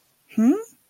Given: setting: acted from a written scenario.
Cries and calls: vocal sound without words; confusion

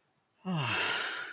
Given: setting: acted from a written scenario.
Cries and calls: vocal sound without words; relief

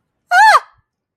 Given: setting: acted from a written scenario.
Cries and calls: vocal sound without words; fear

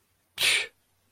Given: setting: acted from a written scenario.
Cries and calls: vocal sound without words; contempt

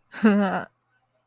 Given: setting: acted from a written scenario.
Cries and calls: vocal sound without words; contempt

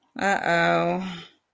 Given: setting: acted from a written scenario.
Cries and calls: vocal sound without words; shame

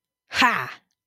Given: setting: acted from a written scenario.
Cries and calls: vocal sound without words; pride

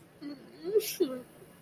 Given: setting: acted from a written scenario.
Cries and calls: vocal sound without words; sympathy

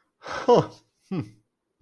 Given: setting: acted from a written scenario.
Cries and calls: vocal sound without words; pride

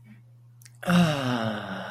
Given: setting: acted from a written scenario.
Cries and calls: vocal sound without words; ecstasy

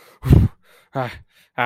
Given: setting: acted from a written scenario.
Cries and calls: vocal sound without words; fear

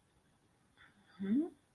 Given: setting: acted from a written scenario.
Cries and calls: vocal sound without words; confusion

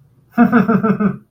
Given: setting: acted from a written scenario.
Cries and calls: vocal sound without words; amusement

